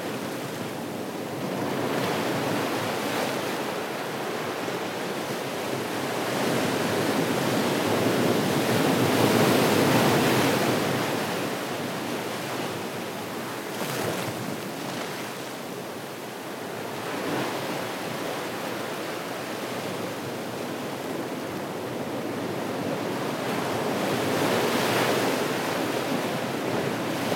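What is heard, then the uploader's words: Waves crash on a beach in a steady, dense roar of surf with no quiet gaps. The wash swells to its loudest around ten seconds and again near twenty-five, easing in between, with a hissing, bright spray over a full rumble. Crashing waves on Thousand Steps Beach, Los Angeles. Recorded by Marcel Gnauk.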